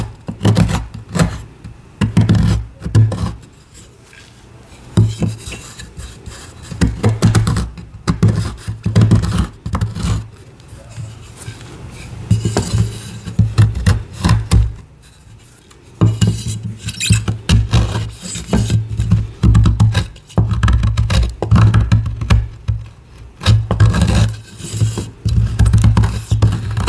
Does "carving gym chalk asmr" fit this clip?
yes